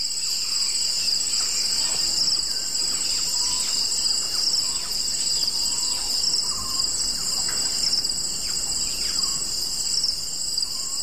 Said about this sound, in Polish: Cykady i przeróżne, przeróżne zwierzęta nagrane gdzieś w Etiopii, gdzieś daleko w głuszy.